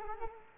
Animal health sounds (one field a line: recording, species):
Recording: mosquito wingbeat signal from an infrared sensor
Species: Culex quinquefasciatus